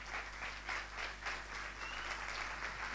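An audience applauds the speaker's wife steadily, many hands clapping together in a dense, even wash of sound with slight surges, continuing at a moderate level without any voices over it.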